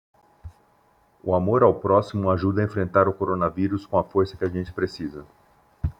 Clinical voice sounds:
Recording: spoken sentence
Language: Brazilian Portuguese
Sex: male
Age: 50 to 59 years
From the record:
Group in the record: control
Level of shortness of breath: 0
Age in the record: 53 years

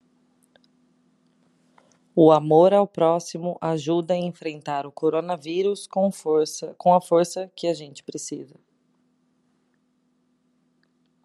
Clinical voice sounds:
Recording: spoken sentence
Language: Brazilian Portuguese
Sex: female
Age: 30 to 39 years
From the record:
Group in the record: control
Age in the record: 31 years

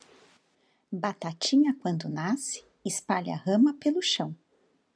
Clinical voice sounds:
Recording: short text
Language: Brazilian Portuguese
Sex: female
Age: 40 to 49 years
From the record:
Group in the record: control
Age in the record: 48 years

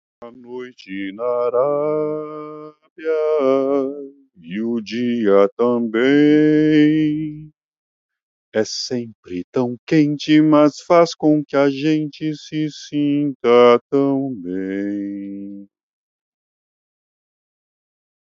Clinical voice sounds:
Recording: short text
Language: Brazilian Portuguese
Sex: male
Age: 30 to 39 years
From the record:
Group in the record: control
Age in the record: 34 years

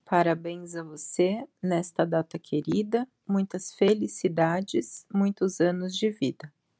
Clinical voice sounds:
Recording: short text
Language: Brazilian Portuguese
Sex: female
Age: 30 to 39 years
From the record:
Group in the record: control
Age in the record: 36 years

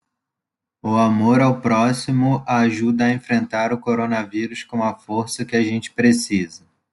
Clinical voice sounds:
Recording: spoken sentence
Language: Brazilian Portuguese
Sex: male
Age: 30 to 39 years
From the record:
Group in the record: control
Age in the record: 30 years

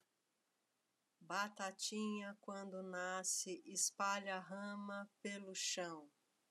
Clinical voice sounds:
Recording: short text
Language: Brazilian Portuguese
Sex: female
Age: 50 to 59 years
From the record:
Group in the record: control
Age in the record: 56 years

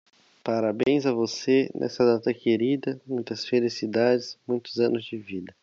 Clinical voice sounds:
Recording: short text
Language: Brazilian Portuguese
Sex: male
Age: 20 to 29 years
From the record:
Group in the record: control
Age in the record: 20 years

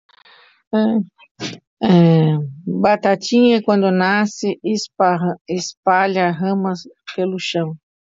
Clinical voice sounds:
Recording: short text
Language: Brazilian Portuguese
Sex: female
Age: 60 to 69 years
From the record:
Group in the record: control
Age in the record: 60 years

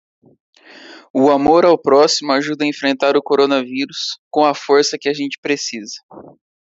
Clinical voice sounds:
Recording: spoken sentence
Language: Brazilian Portuguese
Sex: male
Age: 20 to 29 years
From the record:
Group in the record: control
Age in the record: 24 years

